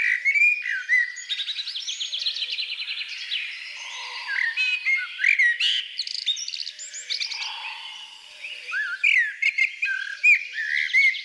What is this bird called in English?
Common Blackbird